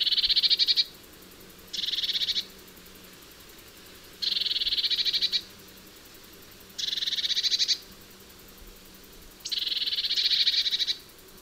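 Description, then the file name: Eurasian blue tit repeating harsh, buzzy churrs, five rattling bursts of about a second each, spaced by short pauses. "Cyanistes caeruleus"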